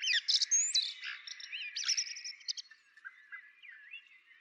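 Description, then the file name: Common blackbird song, a burst of high squeaky twittering notes followed by softer, lower whistled phrases fading out. "Turdus merula"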